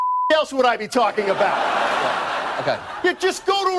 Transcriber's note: laughter